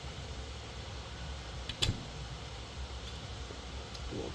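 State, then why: Seated. A steel snap ring is worked onto the output shaft of a Marlin Crawler 30-spline transfer case over a steady low background hum. Two small sharp clicks come at 1.7 s and 1.8 s as the ring snaps into its groove, and the ring is seated.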